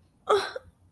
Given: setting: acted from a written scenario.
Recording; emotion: vocal sound without words; negative surprise